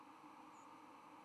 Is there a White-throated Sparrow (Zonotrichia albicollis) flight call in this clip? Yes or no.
yes